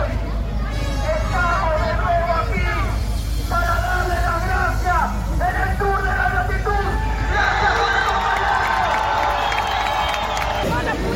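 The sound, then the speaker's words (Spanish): A crowd shouts and cheers in a dense, continuous roar of many voices, with bursts of high yelling rising and falling over a steady babble for about eleven seconds. “¿Por qué gritaron?”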